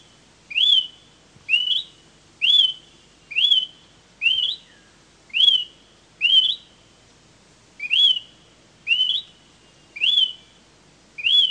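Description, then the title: Smoke-colored pewee song: a clear rising whistle that flattens out, given eleven times at about one per second, with nothing else heard. Subspecies zarumae. "LuckyPassaro Completos2Sama. Smoke-colored Pewee (Contopus fumigatus zarumae)"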